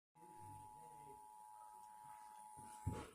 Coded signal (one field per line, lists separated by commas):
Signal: Emergency Alert System (SAME) tones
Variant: 853 and 960 Hz attention tone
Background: speech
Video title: EAS Winter Storm Warning (WFYI)